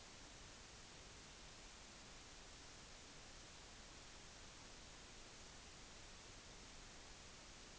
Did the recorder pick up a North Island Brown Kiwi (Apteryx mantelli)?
no